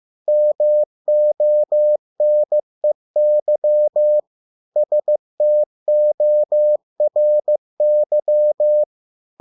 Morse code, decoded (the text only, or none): MONEY STORY